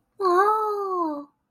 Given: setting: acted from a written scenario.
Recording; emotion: vocal sound without words; interest